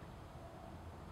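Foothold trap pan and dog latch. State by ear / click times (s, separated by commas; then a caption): not seated / none. Someone presses down the pan of a bedded steel foothold trap in a dirthole set for coyotes or other predators, working it toward the point where the dog latch catches the pan notch so the trap is set and ready to fire. Only a steady low rumble and broadband background noise are heard, with no sharp transients. The clip ends before the latch engages, so nothing has seated or clicked yet.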